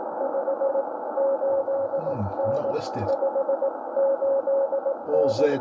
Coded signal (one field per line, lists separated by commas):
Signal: Morse code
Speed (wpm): 18 wpm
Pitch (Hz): 550 Hz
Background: speech, radio noise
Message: 58N 58N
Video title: IK1LBL & OZ4JU 60mtrs CW , 5300khz - 6200khz AM/USB